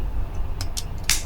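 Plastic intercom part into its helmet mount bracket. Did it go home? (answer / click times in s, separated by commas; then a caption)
yes / 1.1 s. A plastic part of an ASMAX F1 PRO motorcycle helmet Bluetooth intercom is pressed into its helmet mount bracket while the intercom is being fitted. Two lighter plastic ticks at about 0.6 s and 0.8 s come before a sharp, loud click at 1.1 s, heard over a low steady hum. The click at 1.1 s is the part snapping into the mount and seating.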